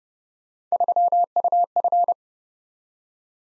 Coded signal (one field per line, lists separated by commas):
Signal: Morse code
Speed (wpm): 30 wpm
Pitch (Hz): 700 Hz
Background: none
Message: 3UF